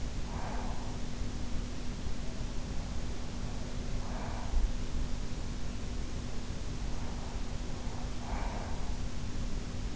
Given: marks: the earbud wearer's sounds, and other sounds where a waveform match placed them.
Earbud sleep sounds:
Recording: sounds in sleep by an in-ear microphone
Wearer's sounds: breath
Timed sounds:
0.00-1.25 s: breath
3.71-4.85 s: breath
8.00-9.23 s: breath

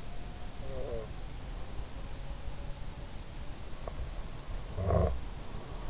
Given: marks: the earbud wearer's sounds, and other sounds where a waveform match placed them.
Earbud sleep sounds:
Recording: sounds in sleep by an in-ear microphone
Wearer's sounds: snoring breath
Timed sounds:
0.00-5.90 s: sound from someone else or the room
0.49-1.17 s: snoring breath
4.65-5.33 s: snoring breath

